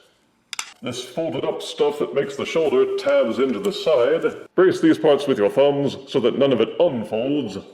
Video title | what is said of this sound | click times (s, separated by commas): Ultra Magnus - Commander Class - Studio Series 86 | Then you can take these blue flaps and they will click into place. | 0.5 s, 0.6 s